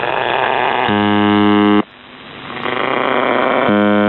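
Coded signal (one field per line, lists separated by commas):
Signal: channel marker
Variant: UVB-76 (The Buzzer)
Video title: UVB 76 4625 KHZ 170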